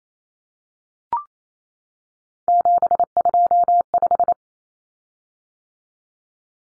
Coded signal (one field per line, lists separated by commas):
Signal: Morse code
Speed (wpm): 28 wpm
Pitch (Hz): 700 Hz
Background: none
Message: 725